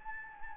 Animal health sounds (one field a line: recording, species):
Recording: mosquito wingbeat signal from an infrared sensor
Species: Anopheles arabiensis